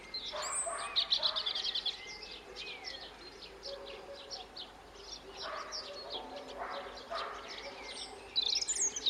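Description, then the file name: European robin giving high, thin, glittering notes in short bursts, loudest near the start and end. "Erithacus rubecula"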